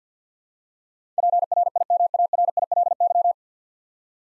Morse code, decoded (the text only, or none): PRIMARILY